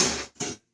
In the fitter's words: The top drops down. That's how the top tray locks in place.